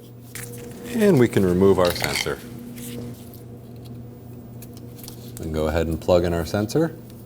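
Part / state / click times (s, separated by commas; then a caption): ABS wheel speed sensor connector into vehicle harness connector / not seated / none. A new rear ABS wheel speed sensor's plastic electrical connector is handled and brought to the vehicle harness connector on a 2009-2014 Ford F-150. Someone talks while soft handling taps and light plastic clicks sound between the speech. The connector has not seated or clicked in yet.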